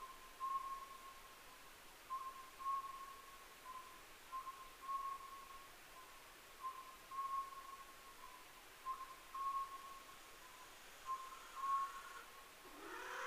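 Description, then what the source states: Oriental scops owl calling, a whistled phrase repeated about every two seconds over steady faint hiss, with a brief rising noise at the end. Recorded 15 May 2010 at 23:06.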